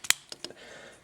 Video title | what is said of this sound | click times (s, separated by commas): Transformers ROTF: Legends Devastator - SSJ Reviews 175 | take long arm snap in place and it's actually | 0.1 s